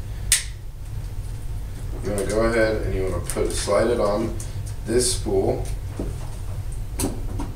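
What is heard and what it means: A ribbon's cardboard core is slid onto the ribbon spool of an EZ2350i label printer and pushed until it clicks in place at 7.0 s, seating it. Someone talks over the work, and a sharp tap is heard near the start.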